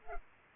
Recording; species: mosquito wingbeat signal from an infrared sensor; Culex pipiens